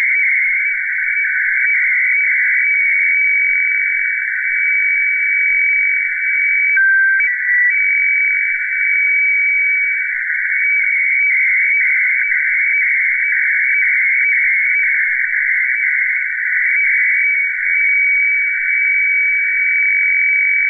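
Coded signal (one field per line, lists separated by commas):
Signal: weather fax (radiofax)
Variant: FAX 120/576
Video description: Reception of HLL2 Seoul Meteo (Seoul, South Korea) on 9165 khz (FAX 120/576)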